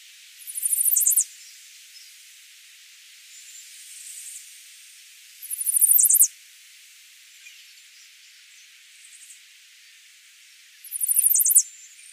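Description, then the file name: Chestnut-sided warbler singing high, rapid phrases of sharp notes, each about a second long, repeated roughly every five seconds with quiet hiss between. "Setophaga pensylvanica - Chestnut-sided Warbler"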